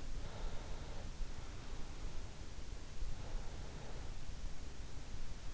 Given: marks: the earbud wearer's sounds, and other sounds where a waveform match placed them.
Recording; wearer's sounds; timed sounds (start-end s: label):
sounds in sleep by an in-ear microphone; breath
0.07-1.94 s: breath
2.88-4.84 s: breath